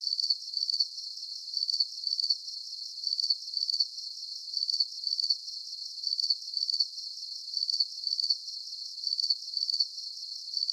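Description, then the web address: Insect giving high, rapid pulsed chirps in short groups, evenly spaced and continuous for the whole stretch. Night-time background of insect chirping. "Sound Effects-SFXBible Insect-Chirping-Bed-Background-Night"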